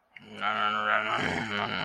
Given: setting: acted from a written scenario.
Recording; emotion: vocal sound without words; anger